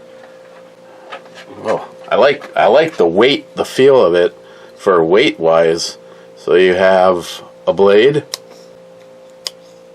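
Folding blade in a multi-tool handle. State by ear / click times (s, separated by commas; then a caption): seated / 9.5 s. Someone talks while unfolding the knife blade of a metal five-blade multi-tool. The blade snaps into its open position with a sharp click at 9.5 s; it does not lock but seats with a positive click.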